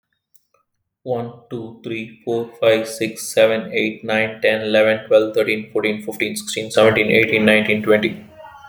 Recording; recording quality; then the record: counting at a fast pace; excellent, no background noise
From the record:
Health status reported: healthy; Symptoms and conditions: none ticked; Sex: male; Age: 38 years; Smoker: not ticked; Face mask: not worn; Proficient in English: yes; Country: India